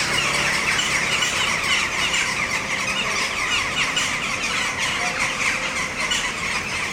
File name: 2020 10 20 selcuk starlings in trees